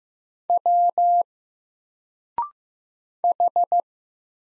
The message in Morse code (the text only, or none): W H